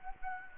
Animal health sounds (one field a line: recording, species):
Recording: mosquito wingbeat signal from an infrared sensor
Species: Anopheles gambiae